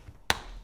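A plastic side piece for the other side of a V-Force Sentry paintball mask is slid down into the mask frame. It snaps into place with a single loud, sharp plastic snap at 0.3 s, and the rest of the clip is quiet. The piece is seated and the mask's reassembly is complete.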